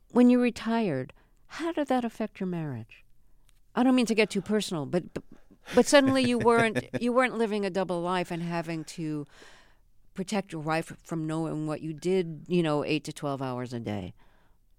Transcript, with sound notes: When you retired, how did that affect your marriage? I don't mean to get too personal.
(Laughter).
But suddenly, you weren't living a double life and having to protect your wife from knowing what you did, you know, eight to 12 hours a day.